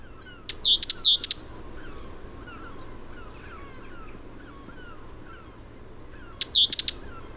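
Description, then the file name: Great tit calling in two brief bursts of high, clipped chirps several seconds apart, with faint, softer bird notes between them. "Parus major"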